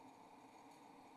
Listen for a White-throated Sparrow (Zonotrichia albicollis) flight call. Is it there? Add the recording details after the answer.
no. No flight call is heard. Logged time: 01:33 on 28 November 2014